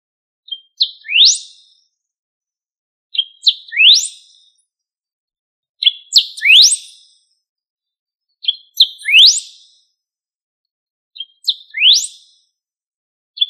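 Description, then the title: Bird song: a short high, sweeping chirped phrase repeated about every two and a half to three seconds, five times plus the start of a sixth, each with quick introductory notes then a rising slur; no other sounds. "LuckyPassaro Completos2Sama"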